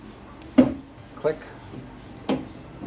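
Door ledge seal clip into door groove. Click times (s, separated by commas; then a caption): 0.6 s. On a 1987 Wrangler, the first of four plastic retaining clips on the outer door ledge seal is pushed into its groove in the door and clicks into place at 0.6 s while someone talks. Another short, sharp sound follows at 2.3 s.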